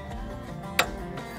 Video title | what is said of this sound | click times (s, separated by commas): Woodland Mills HM130 Max // How To Change A SAWMILL Blade | That little click is what I'm looking for, just like that. | 0.8 s